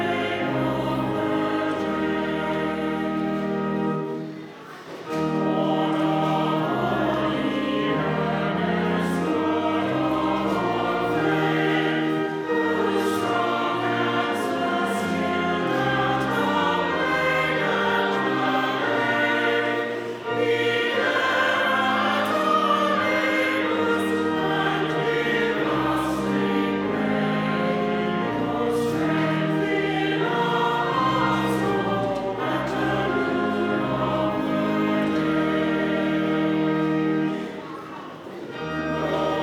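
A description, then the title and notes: A choir sings with the organ, the congregation joining in, in a full, steady wall of sustained voices and chords throughout. Low organ notes hold beneath changing chords. Brief pauses between phrases fall near 5, 20 and 37 seconds. The choir with the organ, and the congregation singing.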